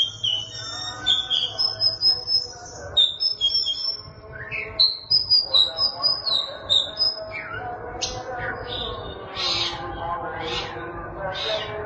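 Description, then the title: Oriental magpie-robin song of clear whistled notes and varied phrases, turning into scratchy chattering notes toward the end, over a low background hum. Chirping song (kicauan) of the bird. "Suara Kicauan Burung Kacer Durasi Panjang"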